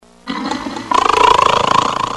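A single harsh, rattling snore, rising into a loud fluttering breath over about two seconds; sound effect.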